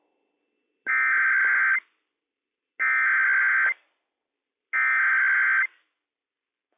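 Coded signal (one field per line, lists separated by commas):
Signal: Emergency Alert System (SAME) tones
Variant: header bursts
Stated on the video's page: Real child abduction emergency alert from a weather radio station, first non-test alert, covering Montana and Washington statewide.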